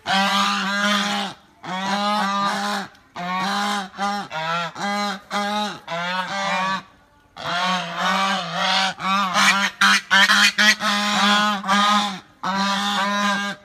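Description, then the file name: Goose honking steadily in harsh, nasal calls, long runs broken by short silences, some calls clipped and rapid. "Tieng ngong keu"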